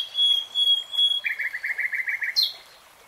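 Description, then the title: Nightingale phrases: clear whistled notes, then a rapid, even trill of short notes and a final sharp high note. Nightingale singing, in real time. "[Tiếng chim hót] 3 Hours REALTIME Nightingale Singing"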